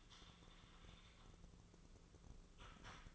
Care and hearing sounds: daily activity, microphone in the room; typing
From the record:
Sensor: 4

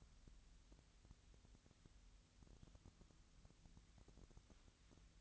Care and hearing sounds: daily activity, microphone in the room; wipe stove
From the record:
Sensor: 3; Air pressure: 1001.6 hPa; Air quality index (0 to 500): 223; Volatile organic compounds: 30 ppm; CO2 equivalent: 2966 ppm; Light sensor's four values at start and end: 11/34/14/12 and 11/34/14/12

